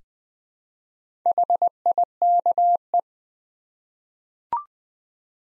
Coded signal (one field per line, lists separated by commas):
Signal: Morse code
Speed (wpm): 20 wpm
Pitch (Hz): 700 Hz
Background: none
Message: HIKE